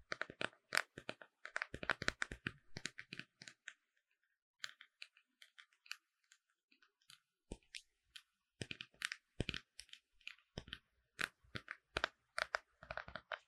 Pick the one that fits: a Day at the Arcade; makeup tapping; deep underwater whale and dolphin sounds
makeup tapping